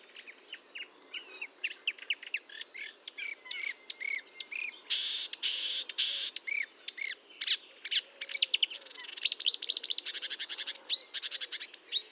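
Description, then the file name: Marsh warbler singing a rapid, varied medley of buzzes, clicks and whistled notes in a lively stream. Recorded at Fontaine-Française (Fourneau), France, on 1 June 2022 at 10:55, with a Nagra recorder and Telinga microphone. "Rousserolle verderolle 20220601 1055 Fontaine-Francaise-Fourneau-Nagra-Telinga"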